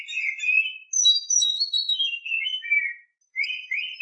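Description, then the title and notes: Oriental magpie-robin song: rich, varied whistled phrases sliding between high and mid notes, warbled runs separated by a brief pause near the end. Champion (juara) bird. "Kicau Burung Kacer Juara. Suara Kicauan Burung Kacer Juara"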